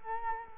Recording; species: mosquito wingbeat signal from an infrared sensor; Culex quinquefasciatus